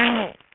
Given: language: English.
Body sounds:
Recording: throat vibration sensor signal played as sound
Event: throat clearing

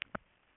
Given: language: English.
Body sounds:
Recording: throat vibration sensor signal played as sound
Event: swallow

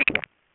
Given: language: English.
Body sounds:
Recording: throat vibration sensor signal played as sound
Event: swallow

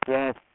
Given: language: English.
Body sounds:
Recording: throat vibration sensor signal played as sound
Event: speech

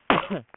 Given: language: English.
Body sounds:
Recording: throat vibration sensor signal played as sound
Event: cough

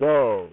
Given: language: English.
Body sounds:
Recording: throat vibration sensor signal played as sound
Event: speech

